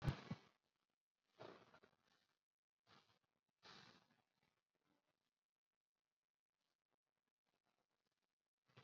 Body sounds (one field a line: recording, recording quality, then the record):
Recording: deep breathing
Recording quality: poor, much background noise or distortion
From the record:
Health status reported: COVID-19 positive, mild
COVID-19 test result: positive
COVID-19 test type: RT-PCR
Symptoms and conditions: cough, cold, breathing difficulty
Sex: male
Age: 25 years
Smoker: no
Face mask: not worn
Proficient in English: yes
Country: India